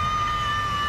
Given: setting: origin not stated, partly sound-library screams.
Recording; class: one-second piece from a danger detection set; woman in danger